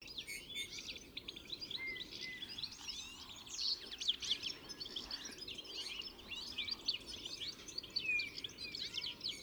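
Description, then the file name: European goldfinch: busy twittering, lively liquid chirps and short trills overlapping throughout. "Carduelis carduelis"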